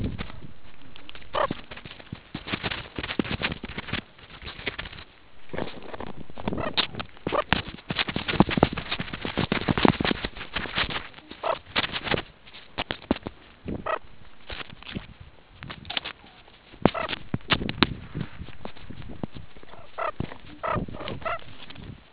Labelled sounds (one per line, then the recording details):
meerkat close call
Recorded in the Kuruman River Reserve, South Africa
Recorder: an audio tag on a meerkat's collar